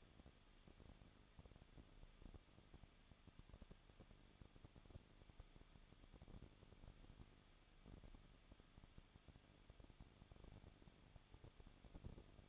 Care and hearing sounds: daily activity, microphone in the room; no activity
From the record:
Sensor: 4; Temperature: 23.0 degrees Celsius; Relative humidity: 34.7%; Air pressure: 1007.2 hPa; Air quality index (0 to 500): 215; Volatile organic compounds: 15 ppm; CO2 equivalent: 2499 ppm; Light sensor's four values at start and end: 2/3/1/1 and 2/3/1/1

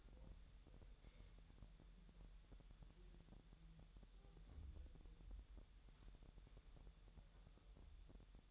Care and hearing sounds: daily activity, microphone in the room; wipe stove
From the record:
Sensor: 3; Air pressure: 1000.9 hPa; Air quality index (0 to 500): 248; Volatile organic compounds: 175 ppm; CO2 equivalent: 4126 ppm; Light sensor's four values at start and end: 12/27/11/11 and 12/27/11/11

